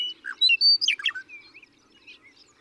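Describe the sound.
Western meadowlark song, a bright whistled opening followed by a tumbling, gurgling run of notes that fades out, with faint background chirps.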